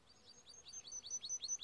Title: Canary Bird Singing - Timbrado training video